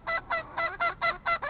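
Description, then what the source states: Chicken calls: seven short, nasal, honking notes given in a quick, even series, about four each second, with little else heard. Hens.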